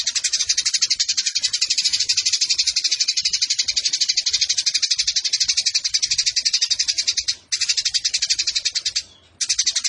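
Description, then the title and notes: Eurasian tree sparrow chatter, a busy, high, buzzy twitter sustained for nearly ten seconds, pausing briefly twice toward the end. Long, clear-voiced fighting ('tarung') chatter with long shooting phrases ('nembak panjang'), used as master tutor song ('masteran') for training birds for song competitions. "GEREJA TARUNG NEMBAK PANJANG SUARA JERNIH MASTERAN WAJIB BURUNG LOMBA. Burung Gereja"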